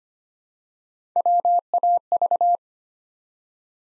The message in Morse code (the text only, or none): WAV